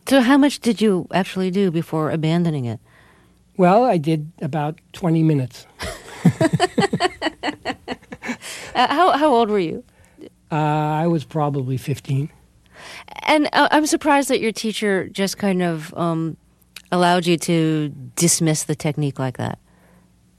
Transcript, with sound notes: So how much did you actually do before abandoning it?
Well, I did about 20 minutes.
(LAUGHTER)
How old were you?
I was probably 15.
And I'm surprised that your teacher just kind of allowed you to dismiss the technique like that.